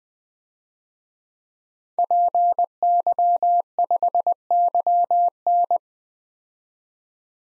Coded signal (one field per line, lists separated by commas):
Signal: Morse code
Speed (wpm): 20 wpm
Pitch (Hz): 700 Hz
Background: none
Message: PY5YN